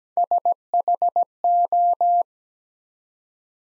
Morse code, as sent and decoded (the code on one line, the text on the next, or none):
... .... ---
SHO